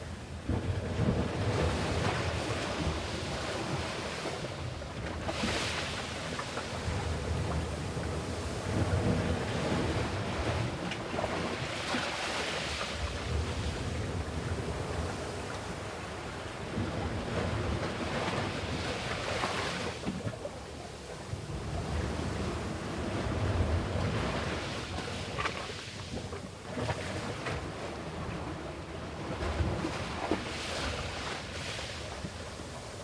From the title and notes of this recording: The melodic sound of gentle waves upon the shoreline orchestrates a serene dance on this blissfully warm day. Here I stand, alone, amidst a captivating desert coastline — one of the hidden gems nestled in the remote corners of Albania. Recorded by Rafael Diogo.